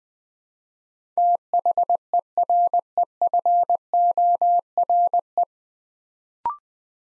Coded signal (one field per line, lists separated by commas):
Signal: Morse code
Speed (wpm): 20 wpm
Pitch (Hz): 700 Hz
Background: none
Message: THEREFORE